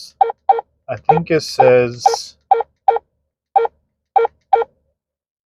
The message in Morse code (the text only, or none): none